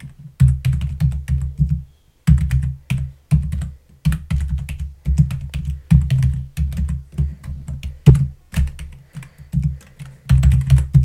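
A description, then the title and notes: Typing on a keyboard, dry, with dense bursts of rapid keystrokes. Each press has a soft, low thump under a crisp click, and short pauses near two and four seconds break the steady rhythm. No talking keyboard ASMR.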